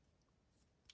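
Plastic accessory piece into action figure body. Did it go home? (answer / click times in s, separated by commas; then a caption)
no / none. A loose plastic accessory piece that keeps falling off is pushed back onto a 3.75 inch plastic action figure body. Over a quiet background there is only one brief, sharp high-pitched tick near 0.9 seconds as the piece goes in. Nothing clicks or seats: it only pushes into place and stays loosely fitted.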